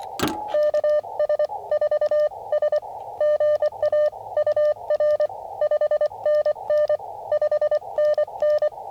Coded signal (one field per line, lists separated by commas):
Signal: Morse code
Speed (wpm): 24 wpm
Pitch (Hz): 590 Hz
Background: radio noise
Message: KS4S GA UR 5NN 5NN